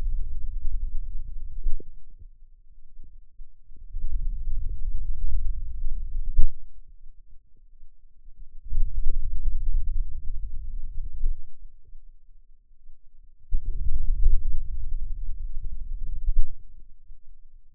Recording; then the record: forearm muscle sounds (acoustic myography)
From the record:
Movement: wrist extension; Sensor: system 2, bracelet of six BSWA MPA416 microphones around the upper forearm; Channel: 1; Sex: male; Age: 22 years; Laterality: right